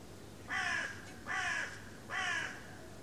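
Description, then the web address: A bird, crow-like, giving three harsh, nasal caws spaced roughly eight-tenths of a second apart over steady low background noise. "cianscape. Deverinetal. Bird Only"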